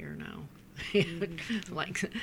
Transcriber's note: she laughs